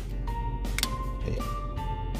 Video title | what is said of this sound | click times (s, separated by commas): Rituals - Luxury Car Air Freshener (Arabian Amber and Musk) | Naririnig mo naman yung clicking sound. | 0.8 s